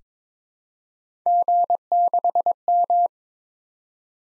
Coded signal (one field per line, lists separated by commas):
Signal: Morse code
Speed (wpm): 22 wpm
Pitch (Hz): 700 Hz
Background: none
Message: G6M